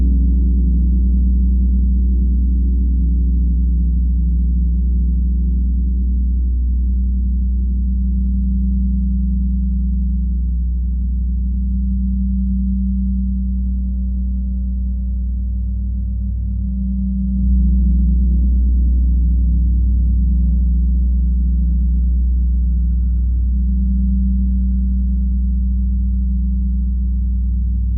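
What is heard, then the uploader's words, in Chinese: A gong bath: deep, sustained gong tones hum low and steady, with a slow throbbing pulse in the resonance. Around seventeen seconds a fresh soft strike swells the sound, then the rich drone continues, faint higher shimmer fading in and out. 銅鑼浴。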